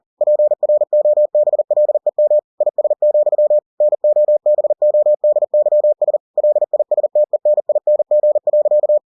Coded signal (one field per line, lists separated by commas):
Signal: Morse code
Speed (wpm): 40 wpm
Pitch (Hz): 600 Hz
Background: none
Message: PROBLEM IS, NOBODYS LISTENING.